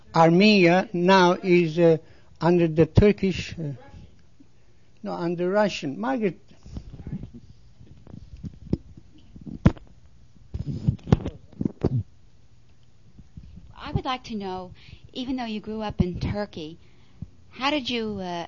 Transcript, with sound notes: Armenia now is under the Turkish--
Russian.
No, on the Russian. Magit [pause]
I would like to know even though you grew up in Turkey, how did you